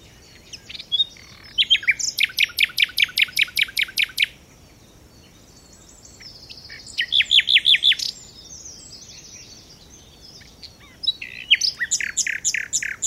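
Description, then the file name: Common nightingale song: bursts of rapid, evenly repeated notes, a pause, a shorter rattling run, then another fast repeated phrase. "Luscinia megarhynchos"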